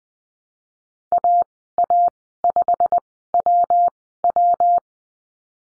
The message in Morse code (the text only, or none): AA5WW